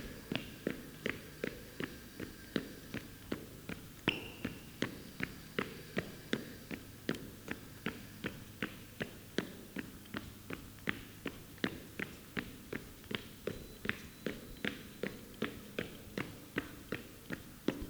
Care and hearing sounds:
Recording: daily activity, guitar pickup as the sensor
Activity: run

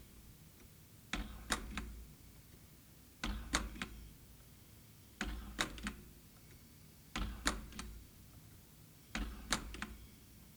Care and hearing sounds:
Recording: daily activity, guitar pickup as the sensor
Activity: manipulate door

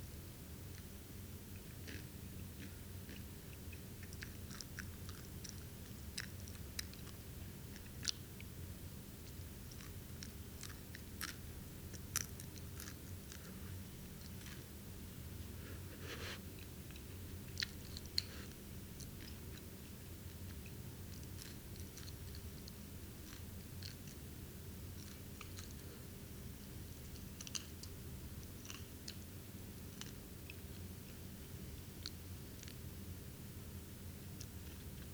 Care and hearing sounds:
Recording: daily activity, guitar pickup as the sensor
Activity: eat

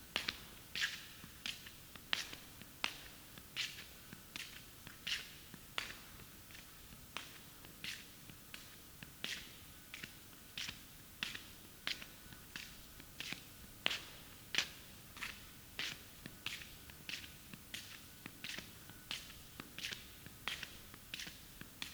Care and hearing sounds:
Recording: daily activity, guitar pickup as the sensor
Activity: walk

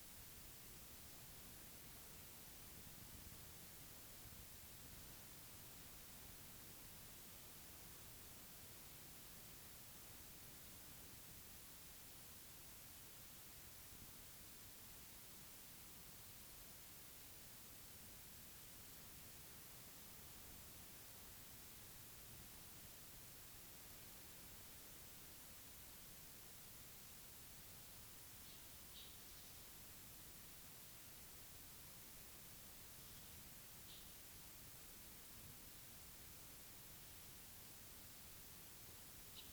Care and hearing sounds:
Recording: daily activity, guitar pickup as the sensor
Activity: lie down

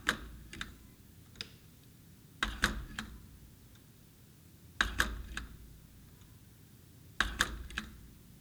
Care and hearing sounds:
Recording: daily activity, guitar pickup as the sensor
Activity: manipulate door

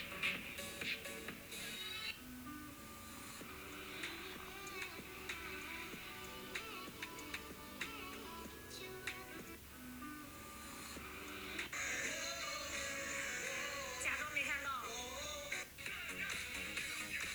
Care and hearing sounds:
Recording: daily activity, guitar pickup as the sensor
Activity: browse video

